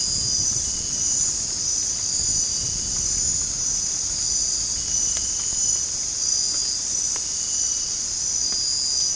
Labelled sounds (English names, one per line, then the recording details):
none
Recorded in secondary vegetation near Puerto Asís, Putumayo, Colombia, on 22 December 2024 at 19:00
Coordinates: 0.481, -76.318
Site G042